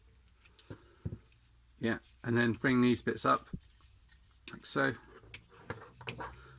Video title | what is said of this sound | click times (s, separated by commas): Transformers Power of the Primes - Sinnertwin Review | and they will also click into place in there as well. | 6.1 s